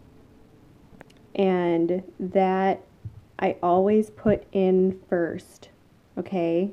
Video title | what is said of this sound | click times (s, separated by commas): How to Make Baby Food Vegetables | I said this is like a food processor it has a blade that snaps into place and | 1.0 s